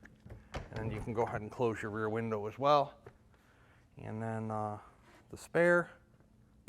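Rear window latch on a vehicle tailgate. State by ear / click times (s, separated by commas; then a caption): released / 0.1 s. A rear window latch on the tailgate of a 1968 Ford Bronco releases with a short, sharp click at 0.1 s as the rear window is pushed up. After that, someone talks over a low background hum.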